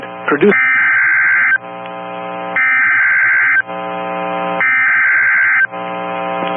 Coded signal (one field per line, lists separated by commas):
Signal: Emergency Alert System (SAME) tones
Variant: header bursts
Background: speech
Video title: SIOUXLAND DERECHO | EAS Alerts from 7/5/2022 (EAS #1250-1281)